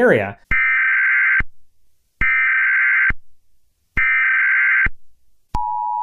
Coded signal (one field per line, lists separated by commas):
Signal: Emergency Alert System (SAME) tones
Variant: header bursts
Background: speech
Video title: CONELRAD: The Voice of Armageddon